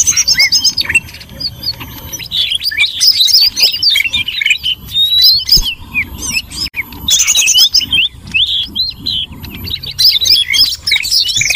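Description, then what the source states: Birds twittering busily, with sharp rising and falling chirps piled on top of each other. Noisy bird chatter used for luring (pikat) birds.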